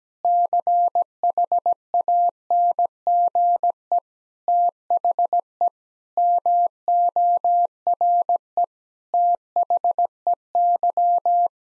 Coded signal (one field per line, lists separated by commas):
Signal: Morse code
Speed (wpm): 17 wpm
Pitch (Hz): 700 Hz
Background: none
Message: CHANGE THE MORE THEY